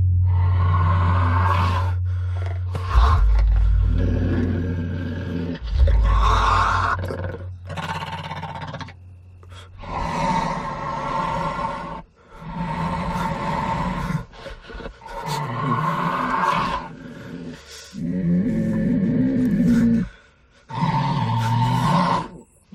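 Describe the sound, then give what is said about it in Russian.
A monster roars in a series of loud, guttural bursts with short gaps between them, over a deep rumbling growl at the start, as it tears into a man's flesh. “Дамир в шоке смотрит на монстра вместо красивой девушки, рвущего плоть Армана.”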